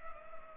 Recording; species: mosquito wingbeat signal from an infrared sensor; Culex pipiens